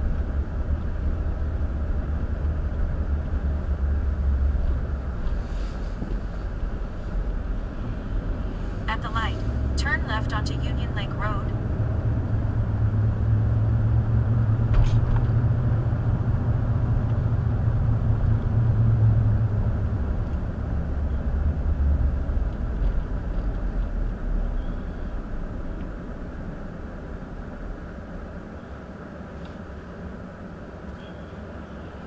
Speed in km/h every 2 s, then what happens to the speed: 26, 24, 18, 15, 21, 32, 39, 42, 42, 34, 24, 15, 0, 0, 0, 0.
0-7 slows to 15. 7-16 speeds up to 42. 16-24 brakes to 0. 24-32 standing.